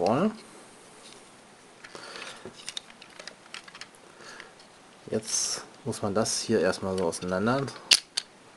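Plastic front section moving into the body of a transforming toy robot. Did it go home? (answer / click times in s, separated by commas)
yes / 8.2 s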